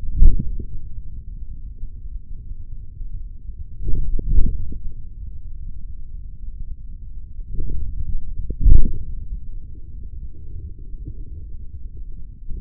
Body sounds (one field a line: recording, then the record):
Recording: forearm muscle sounds (acoustic myography)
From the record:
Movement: forearm supination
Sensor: system 3, bracelet of six PUI Audio POM-2738L microphones around the upper forearm, with dedicated amplification and filtering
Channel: 1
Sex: male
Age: 56 years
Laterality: right